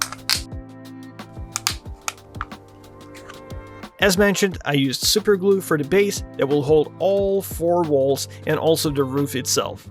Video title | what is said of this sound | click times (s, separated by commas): I 3D Printed a Mini Replica of This Cabin! | Most of these pieces fit just fine, as you can hear a pretty satisfying snapping sound. | 0.0 s, 1.6 s, 1.7 s, 2.1 s